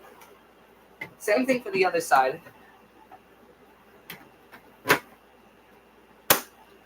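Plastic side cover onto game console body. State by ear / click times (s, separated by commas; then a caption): seated / 6.3 s. Someone talks briefly as the second plastic side cover of a PS5 is fitted onto the console body the same way as the first, after clearing out dust. Light handling noises follow, then a loud, sharp snap at 6.3 s as the cover seats into place.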